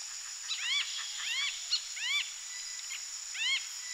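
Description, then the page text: Moluccan starling calls: four short, rising, upslurred whistles spaced about 0.7 to 1.4 seconds apart, fairly soft against a steady high-pitched background hiss. "Moluccan Starlings Calls. Quick Sounds"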